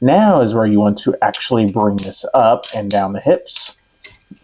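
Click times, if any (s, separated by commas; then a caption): none. Someone talks while handling the hip section of a plastic and die-cast Transformers Mecha Invasion Scavenger transforming robot toy, bringing it up and down toward its locked position in the torso. Faint handling noises follow near the end. Nothing has seated or clicked yet.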